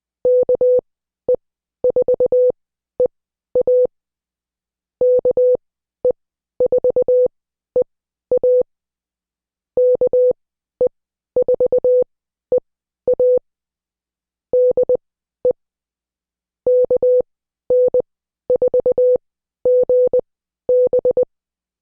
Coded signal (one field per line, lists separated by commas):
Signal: Morse code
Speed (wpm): 20 wpm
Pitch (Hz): 500 Hz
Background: none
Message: KE4EA KE4EA KE4EA DE KN4GB